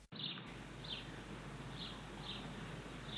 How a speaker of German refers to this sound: Der Spatz?